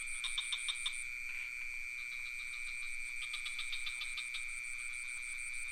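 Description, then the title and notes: Crickets keep up a continuous shrill trill with a pulsing upper buzz; clusters of sharp clicking frog notes sound early and again past the midpoint. Recorded near a pond in Ubud with some frogs calling; Sony PCM D50 recorder with Rode NT4 microphone. "Crickets and frogs in Ubud. Recorded near the pond in Ubud. Sublime frequencies of crickets and some frogs"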